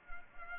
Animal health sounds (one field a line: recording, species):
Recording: mosquito wingbeat signal from an infrared sensor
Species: Culex pipiens